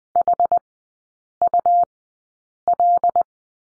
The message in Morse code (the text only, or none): HUL